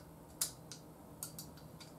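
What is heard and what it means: On a 1993 Honda CB750F2 Seven Fifty front fork being rebuilt, the metal retaining clip (circlip) above the oil seal is pushed toward its groove in the fork slider with a screwdriver. Short, bright metallic ticks sound at about 0.4, 0.7, 1.2 and 1.4 seconds over a low steady hum. Nothing has seated or clicked into the groove yet.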